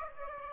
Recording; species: mosquito wingbeat signal from an infrared sensor; Aedes aegypti